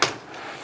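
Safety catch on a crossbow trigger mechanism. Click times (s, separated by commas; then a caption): 0.0 s. The safety catch on a cocked crossbow's trigger mechanism is taken off while the crossbow is being de-cocked, just before the string is let forward. A single sharp click sounds at 0.0 s, then fades into a low, steady hiss for the rest of the clip. The safety is released.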